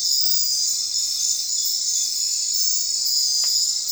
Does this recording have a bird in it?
no